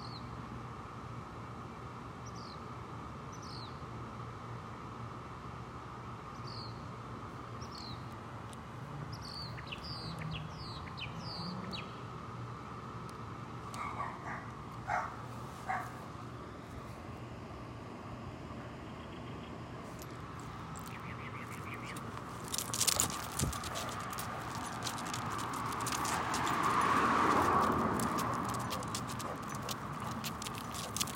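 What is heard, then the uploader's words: Walking through city streets with birds chirping in short, bright calls through the first half, some in quick clusters around ten to twelve seconds. A steady traffic hum runs underneath, and a car swells past near the end with clattering noises around twenty-three seconds. Morning walk to watch the sunrise in Phoenix Arizona | Bird sounds | Cars. Take in the beautiful sounds of the birds and cars passing us on the street. June | Summer.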